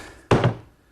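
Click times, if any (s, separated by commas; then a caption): 0.3 s. A folding leg assembly attached to a workbench frame is swung open and locks into place with a loud thunk at 0.3 s, followed by a short rumbling tail. The leg is confirmed locked and working well.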